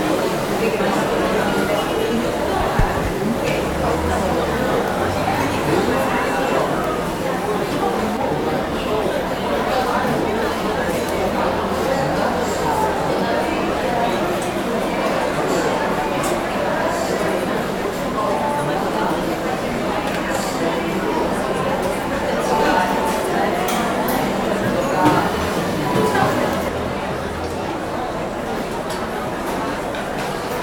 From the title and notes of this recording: Open Coffee Shop Crowded Ambience Thoughtful Place Pause at Work Tea House.